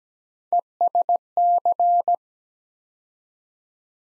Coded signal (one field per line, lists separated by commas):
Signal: Morse code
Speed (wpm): 17 wpm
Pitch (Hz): 700 Hz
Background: none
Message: ESC